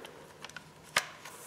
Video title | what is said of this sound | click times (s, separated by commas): AUDEW Air Compressor Pump Review | so snaps right in and then we got our dial thing in the back | 1.0 s